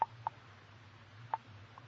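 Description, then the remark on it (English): A few short, mid-pitched electronic beeps spaced irregularly, like keys pressed on a telephone while dialing, as a phone call is made from a drugstore on the corner, over a low steady hum. “You hurry out of the lobby and into the drugstore on the corner, where you make a phone call.”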